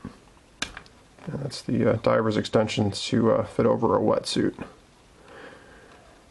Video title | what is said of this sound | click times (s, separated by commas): Omega Seamaster Profesional Quartz Visual Overview | the other end of the clasp, this is where you pop it out. | 0.6 s